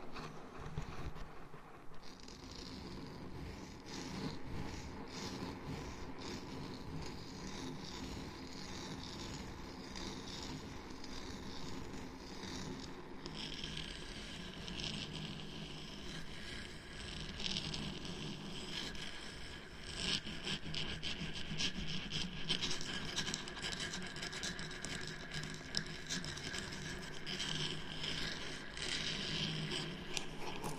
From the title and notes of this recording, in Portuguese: ASMR ARRANHANDO O 3DIO COM ECO. ASMR intenso e agressivo com muitos sons de scratching.